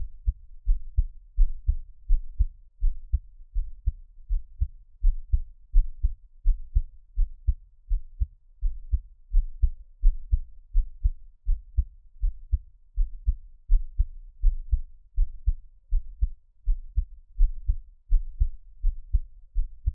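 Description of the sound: Steady, soft low thumps of a normal adult heartbeat at about 83 beats a minute, heard close up as Taiwanese ASMR, with no talking.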